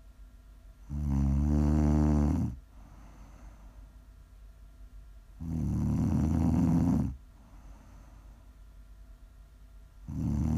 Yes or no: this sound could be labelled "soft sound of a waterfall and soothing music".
no